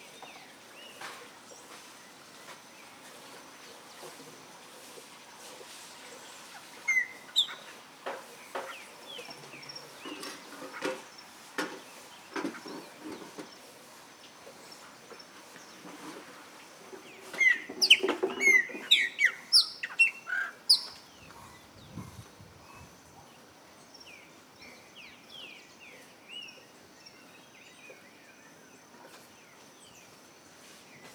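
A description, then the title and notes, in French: Birds call in a wild park landscape over a soft, steady outdoor hiss. Scattered chirps and clicks come in short bursts, densest around the middle of the recording near 18–21 seconds, with sharp bright notes, then the scene settles back to quiet. Chapada Diamantina - Oiseaux. Paysage sonore pris dans le parc de Chapada Diamantina (Brésil).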